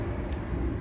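A hose retaining clip is handled near its mount on a vehicle after the hoses have been positioned. Only a steady low rumble is heard, with no sharp sounds. Nothing has seated or clicked yet.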